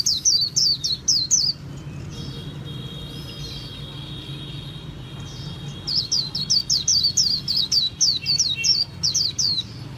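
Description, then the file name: White-eye song: brief high twittering, then several seconds of low hum with a faint steady tone, followed by a fast run of sliding high chirps. Song style called 'líu' in Vietnamese. "tieng khuyen liu"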